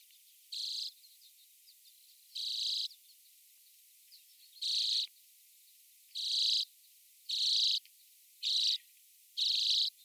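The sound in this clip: Common redpoll giving seven short, spaced buzzy trills separated by pauses, with faint soft notes in between.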